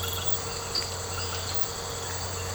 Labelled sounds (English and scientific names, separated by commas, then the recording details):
none
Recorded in secondary vegetation near Puerto Asís, Putumayo, Colombia, on 19 March 2025 at 22:30
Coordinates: 0.468, -76.324
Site G059